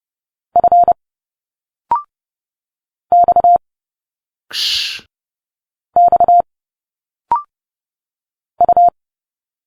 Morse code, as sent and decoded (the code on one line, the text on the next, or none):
..-. / -..- / -..- / ..-
F X X U